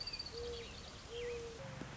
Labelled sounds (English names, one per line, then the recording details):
Mourning Dove
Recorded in Sonoma County, California